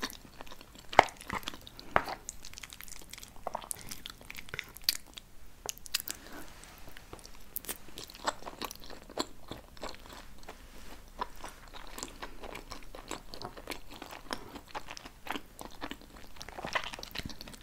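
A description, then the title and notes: Crisp crunching and chewing sounds from someone eating, with sharp bites landing irregularly every second or so and a few louder snaps near the start. Between bites there is softer wet munching over a quiet, steady hush. ASMR Mukbang.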